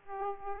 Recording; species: mosquito wingbeat signal from an infrared sensor; Aedes aegypti